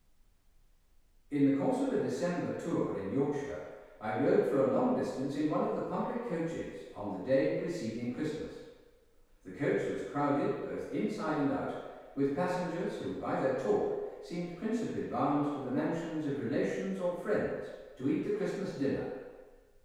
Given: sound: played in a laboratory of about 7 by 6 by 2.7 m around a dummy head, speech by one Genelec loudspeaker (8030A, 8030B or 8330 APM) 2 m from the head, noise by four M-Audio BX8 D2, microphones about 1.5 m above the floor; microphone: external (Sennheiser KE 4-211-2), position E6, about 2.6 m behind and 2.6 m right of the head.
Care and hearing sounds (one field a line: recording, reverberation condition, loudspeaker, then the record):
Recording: male speech in English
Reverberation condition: high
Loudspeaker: 60 degrees to the right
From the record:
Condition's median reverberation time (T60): about 1300 ms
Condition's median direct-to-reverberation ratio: about -4.0 dB